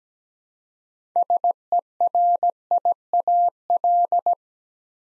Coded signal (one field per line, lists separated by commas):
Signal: Morse code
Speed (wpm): 17 wpm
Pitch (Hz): 700 Hz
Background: none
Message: SERIAL